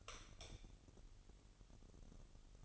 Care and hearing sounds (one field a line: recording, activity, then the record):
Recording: daily activity, microphone in the room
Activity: light off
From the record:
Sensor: 4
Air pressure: 989.2 hPa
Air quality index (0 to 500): 217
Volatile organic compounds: 69 ppm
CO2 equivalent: 3509 ppm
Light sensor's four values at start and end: 28/92/34/36 and 25/80/30/30